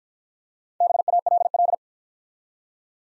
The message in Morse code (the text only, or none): BALL